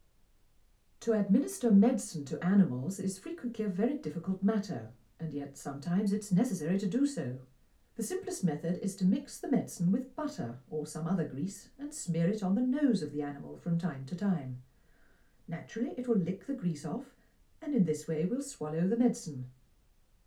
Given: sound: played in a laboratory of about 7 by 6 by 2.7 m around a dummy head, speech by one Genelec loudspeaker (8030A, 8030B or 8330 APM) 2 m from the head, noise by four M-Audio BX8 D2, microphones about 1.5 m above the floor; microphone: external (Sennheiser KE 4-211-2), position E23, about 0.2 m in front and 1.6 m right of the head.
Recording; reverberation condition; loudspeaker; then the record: female speech in English; low; in front (0 degrees)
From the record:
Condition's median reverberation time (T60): about 310 ms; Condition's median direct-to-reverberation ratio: about 3.5 dB